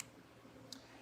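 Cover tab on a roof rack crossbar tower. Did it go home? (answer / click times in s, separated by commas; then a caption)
released / 0.0 s, 0.7 s. A plastic cover tab on a Yakima BaseLine roof rack crossbar tower, test-fitted on a 2024 Chevrolet Colorado, is pulled all the way out, giving short sharp clicks at 0.0 s and 0.7 s. The tab is released and clicks open, exposing the clamping bolt that tightens the tower down onto the bar.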